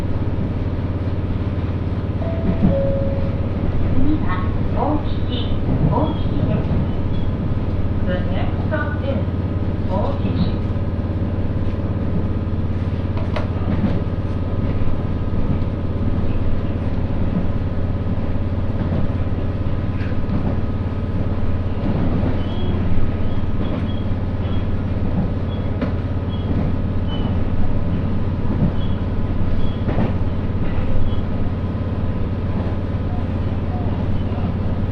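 Inside a train on a rural line, a steady low rumble and engine drone hold at an even level throughout. Faint voices come and go beneath it, with occasional light knocks and rattles from the carriage around the 13- and 23-second marks.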